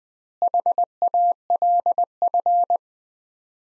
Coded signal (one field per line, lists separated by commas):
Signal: Morse code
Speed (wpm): 20 wpm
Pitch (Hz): 700 Hz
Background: none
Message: HALF